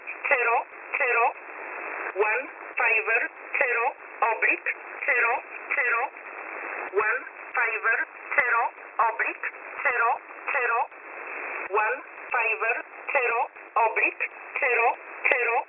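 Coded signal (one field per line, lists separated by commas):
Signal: numbers station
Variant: E11 Oblique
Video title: E11 Oblique 25/10/2022 0845 UTC 13908kHz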